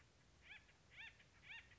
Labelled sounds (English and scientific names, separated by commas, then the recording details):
Acorn Woodpecker (Melanerpes formicivorus)
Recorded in Sonoma County, California